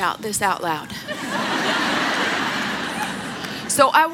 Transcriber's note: laughter